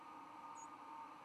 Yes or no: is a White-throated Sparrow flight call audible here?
no